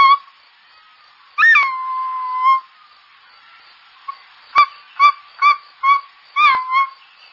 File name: circaete jlb